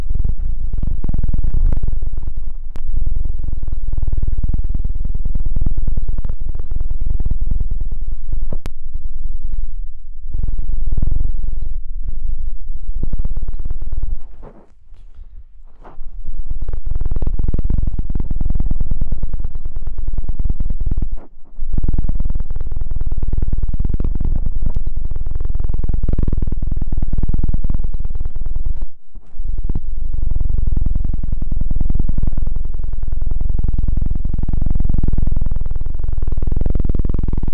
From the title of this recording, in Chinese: 3D环绕螺旋升天直升机